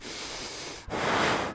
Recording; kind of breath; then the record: one breath in and out by a microphone near the nose and mouth; strong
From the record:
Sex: male